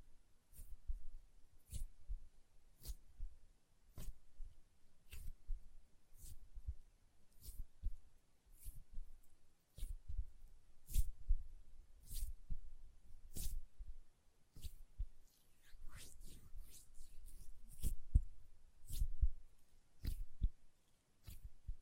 ASMR Hand Sounds, Nail Tapping and Lotion Sounds